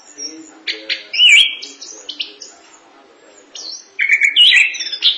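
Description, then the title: Thrush song in loud bursts of whistled and buzzy notes, broken by a quieter gap, then a fresh rapid flourish. "burung anis x"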